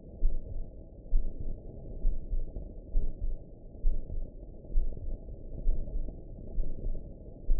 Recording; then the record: heart sounds by optical stethoscope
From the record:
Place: pulmonary valve (PV)